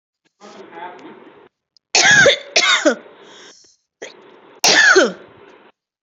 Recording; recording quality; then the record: heavy voluntary cough; excellent, no background noise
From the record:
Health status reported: healthy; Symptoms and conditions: hypertension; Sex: female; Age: 36 years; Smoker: not ticked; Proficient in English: yes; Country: India